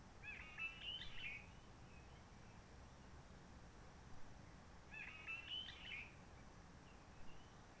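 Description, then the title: Réunion bulbul: two quick twittering phrases from a Réunion bulbul, about four and a half seconds apart, with quiet rushing noise in between. Roche Merveilleuse, Réunion; forest quiet since lockdown of 19 March 2020, no visitors, microlights or helicopters; sunny blue sky; birds not very active; song simpler, short phrases adapted to past aircraft noise. "Roche Merveilleuse, Réunion - Merle de lîle de la Réunion."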